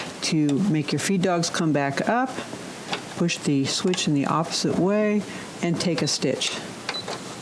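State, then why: Seated. On a Brother BQ950 sewing machine, the feed-dog drop switch is pushed back the opposite way and a stitch is taken while someone talks. At 6.9 s a short, sharp click is heard as the metal feed dogs under the needle plate rise and re-engage with the drive.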